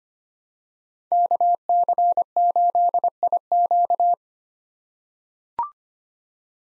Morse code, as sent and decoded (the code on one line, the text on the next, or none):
-.- -.-. ---.. .. --.-
KC8IQ